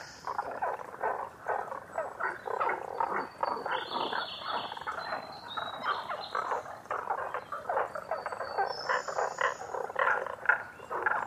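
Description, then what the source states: Chorus of Tago's brown frogs giving rapid rasping croaks without pause, accompanied by a few faint high whistles drifting across the upper range. Recorded 11 June 2010 at 18:05.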